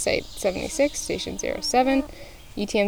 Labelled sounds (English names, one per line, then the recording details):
Ovenbird song
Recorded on 25 June 2016 at 14:59
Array SBT-6-76